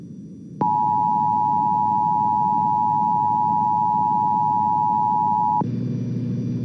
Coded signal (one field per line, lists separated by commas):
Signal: Emergency Alert System (SAME) tones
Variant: 853 and 960 Hz attention tone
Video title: EAS 3270-3271: Random NWS Pittsburgh Flash Flood Warning from 05/14/22